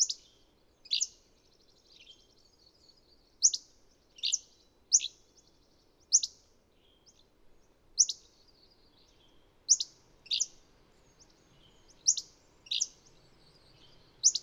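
Bird chirping: sharp, high, falling notes spaced about a second apart, some doubled, with faint softer twitters between and a low hum beneath.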